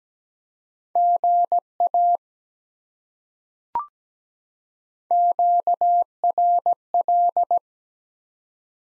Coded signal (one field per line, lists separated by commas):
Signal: Morse code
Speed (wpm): 17 wpm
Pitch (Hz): 700 Hz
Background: none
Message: GA QRL